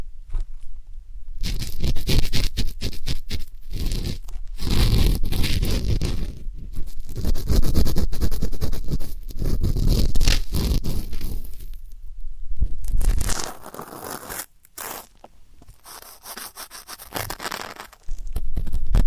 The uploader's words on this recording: ASMR 3D Deep Ear Canal & Eardrum Cleaning (No Talking).